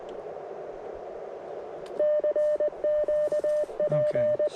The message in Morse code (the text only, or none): CQ P